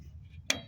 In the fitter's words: you hear it snap in there